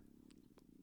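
A brief, steady low rumble with a purring, bubbly quality lasts under a second, broken by a couple of faint higher clicks. It is stomach growling (borborygmi) from an adult who is not hungry, the sound of gas and fluid moving through the gut.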